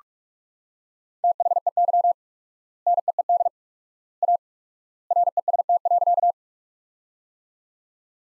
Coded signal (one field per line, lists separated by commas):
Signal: Morse code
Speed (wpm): 46 wpm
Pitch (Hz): 700 Hz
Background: none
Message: THEY NEED A REST.